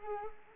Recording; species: mosquito wingbeat signal from an infrared sensor; Anopheles arabiensis